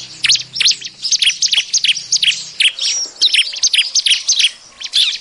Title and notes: BURUNG CIBLEK MANCING LAINNYA. Suara Ciblek Pikat